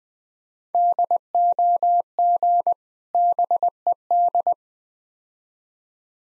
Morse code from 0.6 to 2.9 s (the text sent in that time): DOG